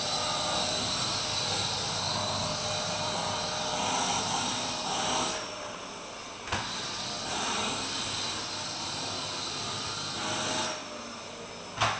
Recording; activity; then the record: daily activity, microphone in the room; vacuum cleaning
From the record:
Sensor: 2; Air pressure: 1001.8 hPa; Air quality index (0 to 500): 248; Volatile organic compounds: 39 ppm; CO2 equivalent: 3130 ppm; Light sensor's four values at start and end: 8/27/10/10 and 8/28/11/10